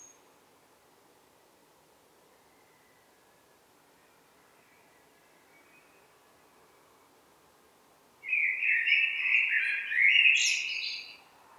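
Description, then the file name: Eurasian blackbird song: after a long quiet stretch, one mellow warbled phrase rises into a brief high, thin twitter near the end. "Turdus merula"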